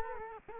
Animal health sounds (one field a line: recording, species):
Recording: mosquito wingbeat signal from an infrared sensor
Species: Culex quinquefasciatus